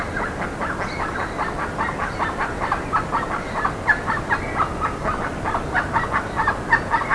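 Bird calling in a thick, noisy chatter of clipped notes.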